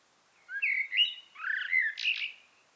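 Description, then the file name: Common blackbird delivering a single flowing warbled phrase of mellow whistles, closing with a higher, scratchier flourish. "Turdus merula"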